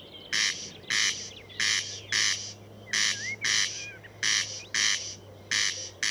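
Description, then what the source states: Corn crake giving loud doubled rasps, while other birds whistle and trill softly and a low hum continues. Recorded at Murnauer Moos, Germany, on 29 May 2014.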